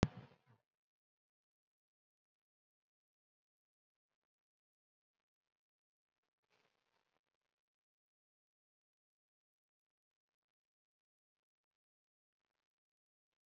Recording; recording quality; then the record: deep breathing; poor, much background noise or distortion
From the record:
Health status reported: COVID-19 positive, moderate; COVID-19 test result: positive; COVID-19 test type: RT-PCR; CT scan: not taken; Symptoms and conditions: breathing difficulty, fatigue, muscle pain, hypertension, diabetes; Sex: female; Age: 86 years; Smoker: no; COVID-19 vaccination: none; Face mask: worn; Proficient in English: no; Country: India